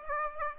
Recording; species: mosquito wingbeat signal from an infrared sensor; Aedes aegypti